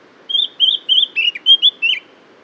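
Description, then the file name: Eurasian blackcap singing a quick series of bright, whistled notes in short bursts, some dipping downward, forming a lively phrase of about seven elements. "Sylvia atricapilla"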